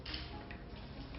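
A plastic visor is being handled as it is fitted onto the side mechanism of an HJC RPHA 11 motorcycle helmet during a replacement. Over steady background music, a brief, faint tap is heard at about 0.2 s. The visor has not snapped into place yet, and nothing has seated or clicked by the end of the clip.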